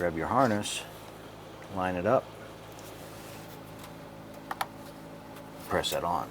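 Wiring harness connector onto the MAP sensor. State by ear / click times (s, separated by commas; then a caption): seated / 4.5 s, 4.6 s. Someone talks while a plastic wiring harness connector is lined up and pushed onto the MAP sensor of a 2004-2012 Chevy Colorado. Two quick, sharp clicks ring out at 4.5 and 4.6 seconds as the connector seats onto the sensor.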